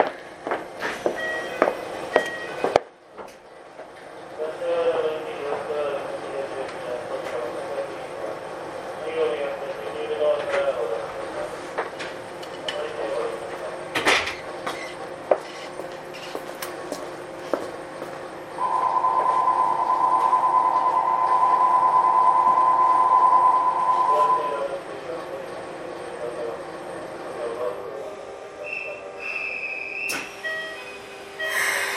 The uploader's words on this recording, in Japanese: 京急新1000形(アルミ車) 横浜〜三崎口。車体はアルミニウム合金製。VVVFインバータ制御装置は、1・2次車では2100形と同じくGTOサイリスタ素子によるドイツ・SIEMENS社製を採用、3～5次車では同じシーメンス社製であるが、使用素子はIGBTに変更され、純電気ブレーキも搭載。